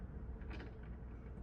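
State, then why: Not seated. A snap-on presser foot is wiggled into place under the presser foot holder on the shank of a Brother ST531HD sewing machine. Low, steady handling noise runs throughout, with a brief faint knock at 0.8 s. Nothing has seated or clicked yet; the foot is not yet home.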